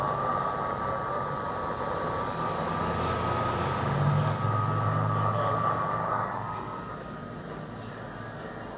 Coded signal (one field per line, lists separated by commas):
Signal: FT8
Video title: QSO MODE DIGITAL FT8 with HR5/F2JD from HONDURAS , 40 METER , Please SUBSCRIBE , LIKE and Share